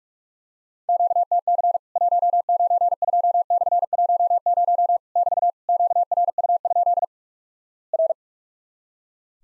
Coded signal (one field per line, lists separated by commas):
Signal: Morse code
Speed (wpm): 46 wpm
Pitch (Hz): 700 Hz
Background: none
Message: QTC 192/10 <BT> QRU? R